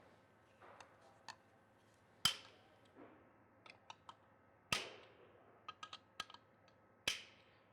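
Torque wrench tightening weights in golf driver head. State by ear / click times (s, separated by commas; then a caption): torque reached / 2.2 s, 4.7 s, 7.1 s. A torque wrench tightens the weight screws holding the sole plate into a Wilson Staff Triton golf driver head, with faint ratcheting and small ticks in between. It gives three sharp clicks at its setting, at 2.3, 4.7 and 7.1 seconds.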